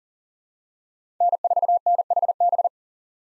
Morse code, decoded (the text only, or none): N4NHB